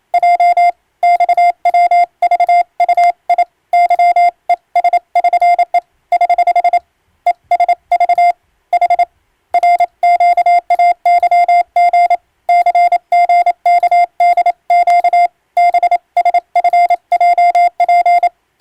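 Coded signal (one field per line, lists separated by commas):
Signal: Morse code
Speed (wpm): 29 wpm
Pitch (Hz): 700 Hz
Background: none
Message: J XWVUI YES<SN>E <HH> ESV H RQAYG CGKDQ BSFJP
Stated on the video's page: Morse sent on an electronic keyer by a ship radiotelegraph operator as practice for the national exam's telegraphy test, using English-language radiotelegram practice texts.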